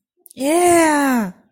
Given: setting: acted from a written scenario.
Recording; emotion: vocal sound without words; triumph